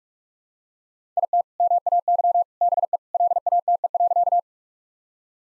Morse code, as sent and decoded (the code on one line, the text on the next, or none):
.. - / -- .- -.-- / -... . / .-.. .- - . .-.-.-
IT MAY BE LATE.